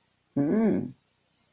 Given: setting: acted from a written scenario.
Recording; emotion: vocal sound without words; romantic love